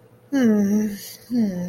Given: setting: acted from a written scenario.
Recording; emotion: vocal sound without words; contentment